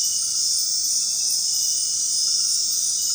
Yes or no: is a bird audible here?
no